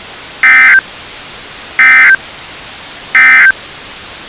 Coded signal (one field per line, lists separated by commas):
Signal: Emergency Alert System (SAME) tones